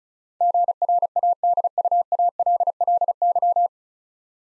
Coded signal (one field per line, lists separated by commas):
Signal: Morse code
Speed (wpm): 34 wpm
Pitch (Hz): 700 Hz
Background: none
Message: GRADUALLY